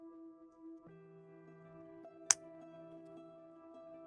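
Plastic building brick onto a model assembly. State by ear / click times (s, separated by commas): seated / 2.3 s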